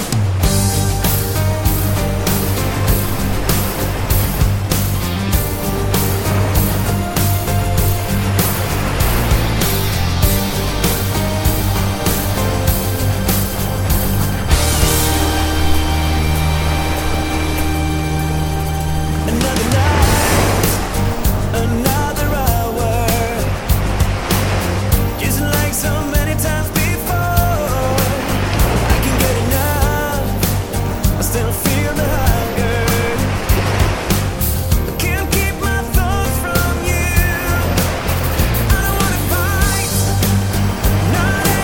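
Melodic rock music plays at a steady, full loudness, with a driving beat, strong low bass notes and bright cymbal hits throughout. Around fifteen seconds in the drums drop away for a few seconds of sustained chords before the full band returns near twenty seconds.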